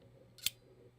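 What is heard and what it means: Pressing the green button on a spring-loaded plastic lancing device releases the lancet with a single sharp, bright click at 0.5 s, just after a faint softer tick at 0.4 s. The lancet fires and deploys, and only a low, steady background hum remains around it.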